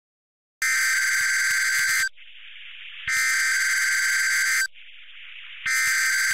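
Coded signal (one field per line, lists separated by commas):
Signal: Emergency Alert System (SAME) tones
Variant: header bursts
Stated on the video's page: NOAA Weather Radio required weekly test from NWS Seattle, with header data tones, attention tone and end-of-message tones.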